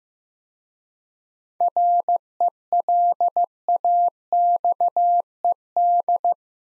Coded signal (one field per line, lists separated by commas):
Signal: Morse code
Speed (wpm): 15 wpm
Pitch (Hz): 700 Hz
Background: none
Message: RELAXED